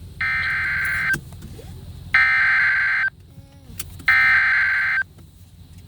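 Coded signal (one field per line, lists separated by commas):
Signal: Emergency Alert System (SAME) tones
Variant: header bursts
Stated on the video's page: NOAA weather radio station KHB36 on 162.550 MHz from Independent Hill, VA, received on a RadioShack 12-254 weather radio.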